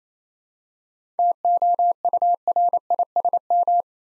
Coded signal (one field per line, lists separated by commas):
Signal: Morse code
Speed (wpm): 29 wpm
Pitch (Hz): 700 Hz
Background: none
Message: TOURISM